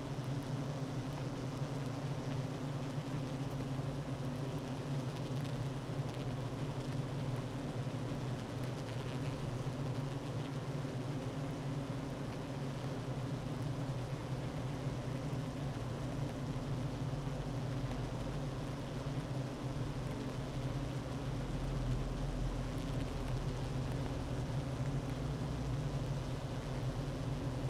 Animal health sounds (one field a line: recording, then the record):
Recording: honeybee colony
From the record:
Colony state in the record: active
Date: 12 June 2018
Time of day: 9:46